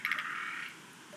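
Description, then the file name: Schlegel's green tree frog call: a quick burst of rattling notes, then a fading buzzy tail. "rodolphe alexis - rhacophorus schlegelii"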